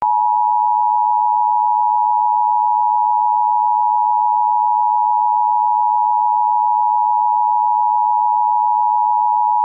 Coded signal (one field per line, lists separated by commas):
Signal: Emergency Alert System (SAME) tones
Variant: 853 and 960 Hz attention tone